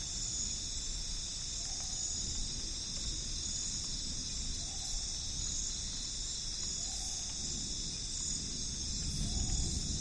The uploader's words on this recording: Massive thunderstorm approaching in the Amazon rainforest. A thunderstorm of epic proportions on the horizon in the Amazon rainforest.